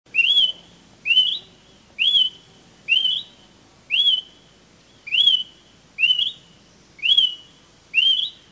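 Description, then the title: Smoke-colored pewee song: a clear, upslurred whistle that rises then levels off, repeated about once a second, nine times, over a quiet background. Subspecies zarumae. "LuckyPassaro Completos2Sama. Smoke-colored Pewee (Contopus fumigatus zarumae)"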